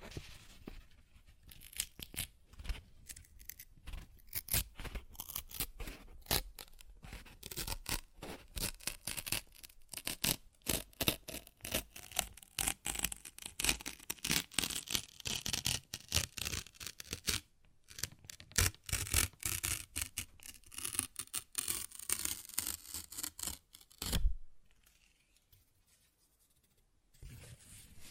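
Paper is ripped and torn in dense, crackly bursts for about twenty-five seconds, with a sharp final rip near 24 seconds, then quiet.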